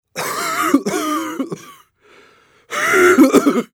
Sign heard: Coughing with wheezing.